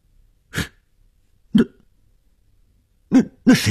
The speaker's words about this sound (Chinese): 在上阁楼的楼梯口，我听见上面传来一个女人的咳嗽声。